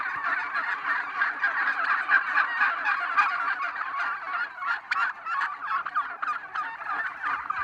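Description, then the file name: Gobbling turkeys, many rattling calls running together, with a few sharper bursts standing out near the middle. Red turkeys, several birds. "dindes rouges"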